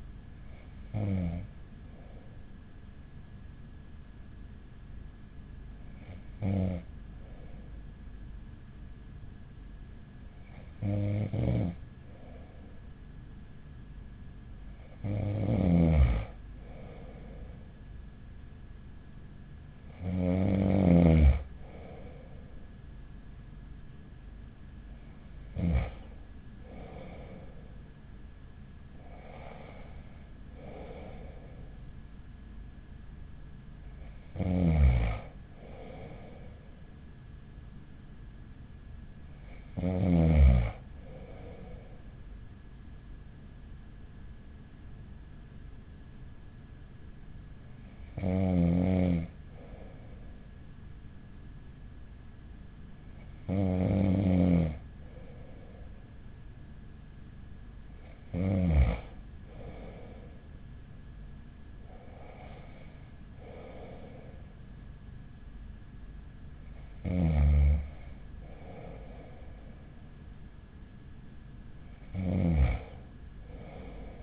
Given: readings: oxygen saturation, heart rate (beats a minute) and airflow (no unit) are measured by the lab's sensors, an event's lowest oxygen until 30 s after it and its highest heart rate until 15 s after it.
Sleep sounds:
breathing in sleep by a smartphone at the bedside; 1
46.00-63.60 s: hypopnea (N2, oxygen 95% highest, then 94% lowest, heart rate 44 at the start, 48 highest)
From the record:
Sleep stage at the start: N2 (light sleep); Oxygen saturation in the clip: 94 to 95%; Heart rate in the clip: 41 to 49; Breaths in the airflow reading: 16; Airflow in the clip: -5.5 to 9.9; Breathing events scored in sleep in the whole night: 207 in 7.6 hours asleep

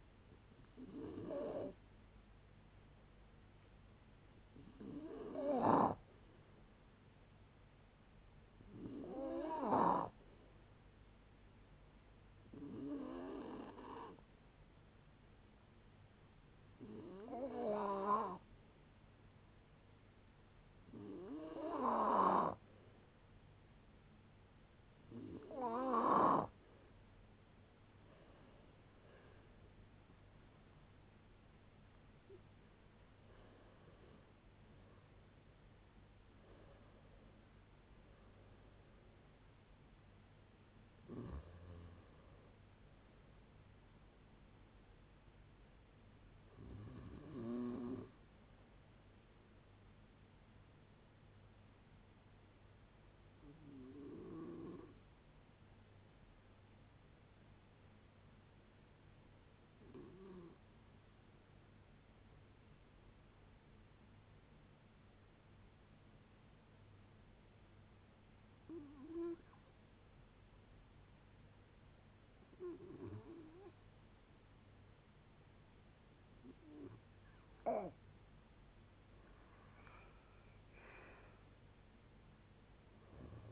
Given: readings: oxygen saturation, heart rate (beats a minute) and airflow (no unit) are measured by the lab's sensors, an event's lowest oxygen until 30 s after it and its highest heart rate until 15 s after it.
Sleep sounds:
a person awake in a sleep study, by a voice recorder at the bedside; none
0.00-83.52 s: awake
0.00-83.52 s: awake
From the record:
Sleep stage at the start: awake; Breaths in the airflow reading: 34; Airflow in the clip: -0.7 to 0.6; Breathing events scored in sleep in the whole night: 496 in 5.4 hours asleep

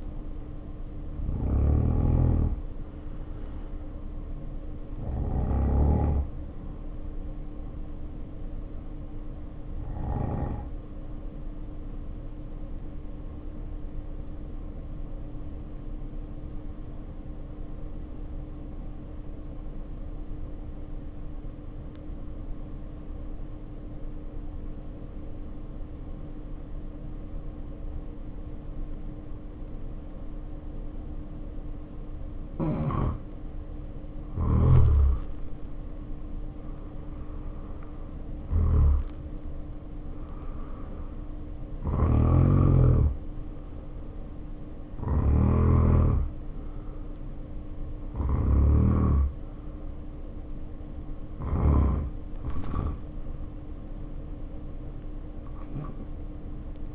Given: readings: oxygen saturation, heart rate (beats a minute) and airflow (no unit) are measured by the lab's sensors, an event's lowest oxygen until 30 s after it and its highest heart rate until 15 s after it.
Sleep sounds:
breathing in sleep by a smartphone at the bedside; 1
7.00-39.00 s: hypopnea (N1, oxygen 96% highest, then 79% lowest, heart rate 53 at the start, 63 highest)
From the record:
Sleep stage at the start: N1 (lightest sleep); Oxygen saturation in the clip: 79 to 96%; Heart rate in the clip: 49 to 63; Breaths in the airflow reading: 15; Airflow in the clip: -1.6 to 2.1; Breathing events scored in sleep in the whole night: 520 in 7.2 hours asleep

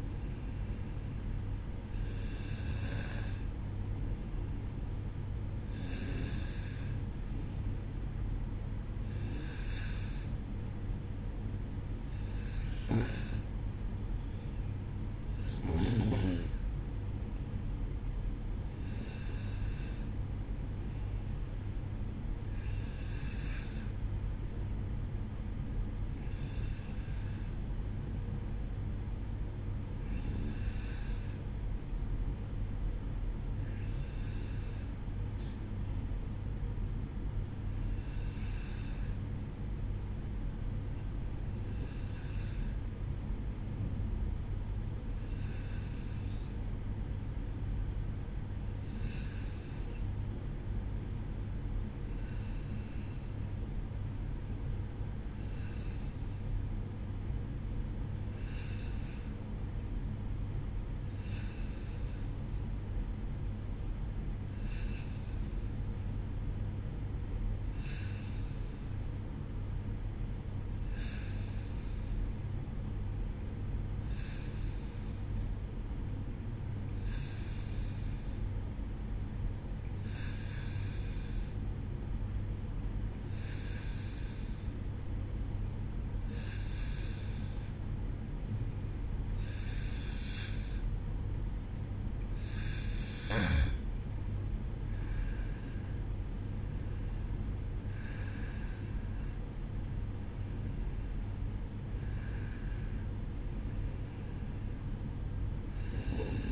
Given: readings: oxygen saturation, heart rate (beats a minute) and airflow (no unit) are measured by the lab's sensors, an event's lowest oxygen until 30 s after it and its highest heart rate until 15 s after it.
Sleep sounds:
breathing in sleep by a smartphone at the bedside; 1
6.00-36.00 s: new sleep stage, N1 (lightest sleep)
35.00-93.10 s: hypopnea (N1, oxygen 94% highest, then 90% lowest, heart rate 57 at the start, 64 highest)
36.00-96.00 s: new sleep stage, N2 (light sleep)
96.00-106.52 s: new sleep stage, N1 (lightest sleep)
From the record:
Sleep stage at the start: N2 (light sleep); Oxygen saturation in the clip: 90 to 94%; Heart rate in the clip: 57 to 64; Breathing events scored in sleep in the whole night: 305 in 9.6 hours asleep

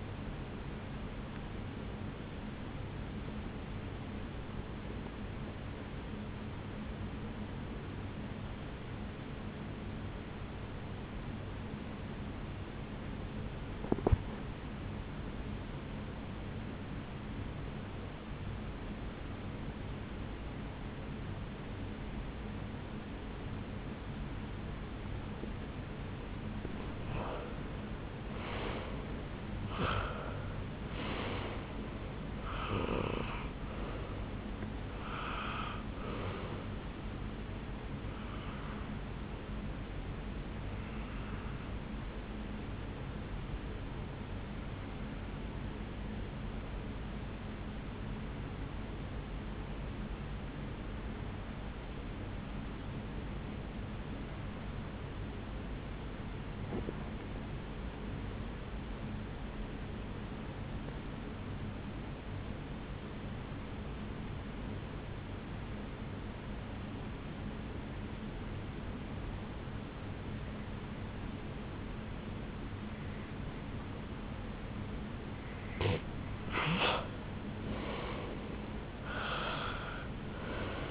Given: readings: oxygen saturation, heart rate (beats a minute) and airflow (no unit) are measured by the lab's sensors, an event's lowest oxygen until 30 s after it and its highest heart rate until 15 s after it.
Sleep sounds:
breathing in sleep by a voice recorder at the bedside; 2
8.00-27.70 s: obstructive apnea (N1, oxygen 97% highest, then 87% lowest, heart rate 63 at the start, 73 highest)
45.00-75.90 s: hypopnea (N1, oxygen 96% highest, then 86% lowest, heart rate 60 at the start, 74 highest)
62.00-80.90 s: new sleep stage, N2 (light sleep)
From the record:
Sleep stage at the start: N1 (lightest sleep); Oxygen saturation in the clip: 87 to 97%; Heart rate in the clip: 56 to 73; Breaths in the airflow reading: 8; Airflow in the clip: -9.3 to 5.5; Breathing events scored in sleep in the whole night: 449 in 7.0 hours asleep

